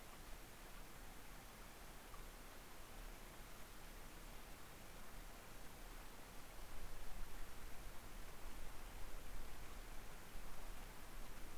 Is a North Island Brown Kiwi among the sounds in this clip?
no